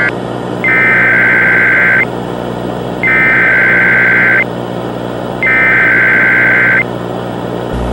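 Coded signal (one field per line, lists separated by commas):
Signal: Emergency Alert System (SAME) tones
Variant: header bursts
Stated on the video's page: Recreation of a Florida amber alert EAS interruption during a SpongeBob broadcast on Nicktoons.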